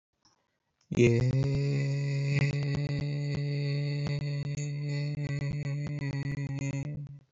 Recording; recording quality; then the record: sustained vowel as in made; excellent, no background noise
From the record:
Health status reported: healthy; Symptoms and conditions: none ticked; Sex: male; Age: 31 years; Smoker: not ticked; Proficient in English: yes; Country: India